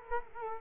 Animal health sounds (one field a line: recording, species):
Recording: mosquito wingbeat signal from an infrared sensor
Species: Culex quinquefasciatus